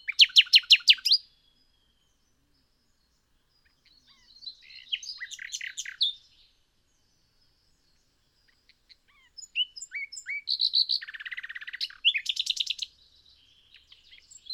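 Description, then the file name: Common nightingale delivering varied song phrases: a fast rattling trill, a quieter scratchy jumble, then a churring burst and rapid repeated notes after a long pause. "Luscinia megarhynchos"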